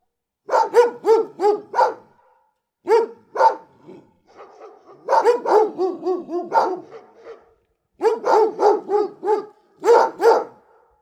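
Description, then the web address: Dogs barking: deep barks in rapid volleys, with short gaps between bursts and a few softer woofs in the middle. Big dogs barking close. "Bart Kamski - Dogs"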